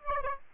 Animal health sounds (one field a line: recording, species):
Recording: mosquito wingbeat signal from an infrared sensor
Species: Aedes aegypti